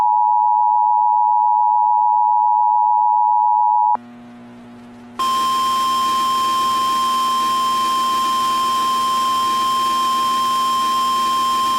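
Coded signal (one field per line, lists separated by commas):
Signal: Emergency Alert System (SAME) tones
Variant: 853 and 960 Hz attention tone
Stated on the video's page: Simulated EAS scenario themed around Tamagotchis, not a real alert.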